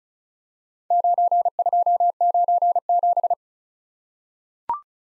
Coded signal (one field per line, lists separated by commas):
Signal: Morse code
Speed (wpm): 36 wpm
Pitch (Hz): 700 Hz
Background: none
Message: 9297